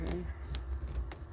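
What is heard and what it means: A second push-fit end cap is pushed and twisted onto a water supply pipe while someone talks over a steady low hum, with two brief sharp sounds near 0.6 s and 1.1 s. The cap has not clicked into place yet.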